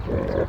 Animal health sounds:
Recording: contact call of a hoofed animal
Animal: wild boar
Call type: grunt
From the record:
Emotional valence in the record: positive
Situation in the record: naturally occurring affiliative interactions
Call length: 0.49 s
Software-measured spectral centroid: 1010 Hz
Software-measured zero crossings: 850 a second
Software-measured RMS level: -24 dBFS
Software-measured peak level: -11 dBFS

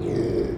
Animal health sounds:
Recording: contact call of a hoofed animal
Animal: pig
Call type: closed-mouth grunt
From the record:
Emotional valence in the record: negative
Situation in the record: short social isolation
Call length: 0.58 s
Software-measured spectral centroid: 1240 Hz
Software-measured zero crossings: 800 a second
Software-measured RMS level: -24 dBFS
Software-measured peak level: -13 dBFS

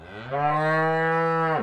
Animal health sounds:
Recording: contact call of a hoofed animal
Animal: cattle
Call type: low-frequency (closed-mouth) or high-frequency (open-mouth) call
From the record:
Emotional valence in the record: negative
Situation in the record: full separation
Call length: 1.63 s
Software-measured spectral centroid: 1290 Hz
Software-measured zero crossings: 1840 a second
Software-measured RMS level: -24 dBFS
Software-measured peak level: -12 dBFS

